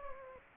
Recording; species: mosquito wingbeat signal from an infrared sensor; Aedes aegypti